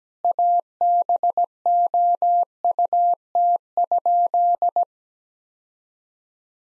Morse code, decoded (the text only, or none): ABOUT?